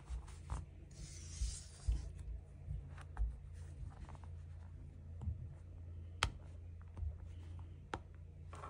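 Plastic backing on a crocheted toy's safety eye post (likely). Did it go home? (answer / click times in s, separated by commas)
yes / 6.2 s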